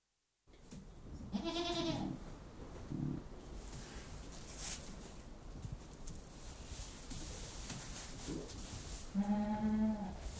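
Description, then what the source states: Goat bleats, two harmonic wavering cries near the start and end, separated by shuffling and rustling movement noise. Goats moving around pens and chewing cud.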